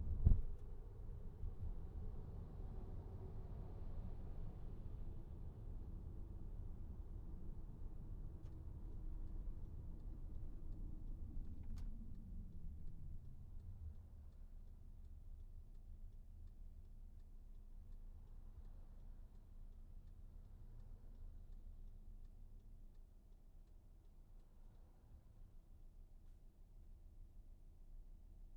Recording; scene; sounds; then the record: everyday scene through a hearing-aid microphone; in a vehicle; engine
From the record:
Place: VW T5 Caravelle, diesel engine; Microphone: behind the ear, right, front